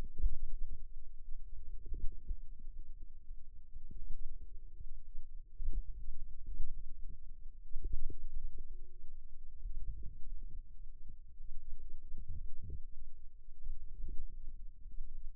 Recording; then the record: forearm muscle sounds (acoustic myography)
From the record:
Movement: ulnar deviation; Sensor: system 2, bracelet of six BSWA MPA416 microphones around the upper forearm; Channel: 5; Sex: female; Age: 22 years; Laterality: right